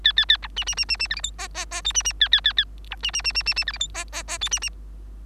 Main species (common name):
Bengalese Finch